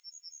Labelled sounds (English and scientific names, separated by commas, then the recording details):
Yellowhammer (Emberiza citrinella) song
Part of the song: start
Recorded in the Czech Republic on 4 July 2013
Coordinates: 49.085, 14.809
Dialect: BE
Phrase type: A35
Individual 315522